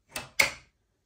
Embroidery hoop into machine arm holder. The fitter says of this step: like that so they go in the hole on both sides and you need to have a click